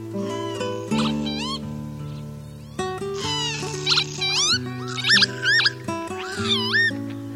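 Northern Lapwing calls: wheezy, slurred notes that bend up and down, repeated in bursts over steady low musical tones.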